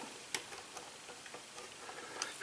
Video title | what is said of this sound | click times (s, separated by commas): Zblex French Reviews : G.I.Joe Thunderwing Jet | qu'il ya un petit clic à l'intérieur | 0.3 s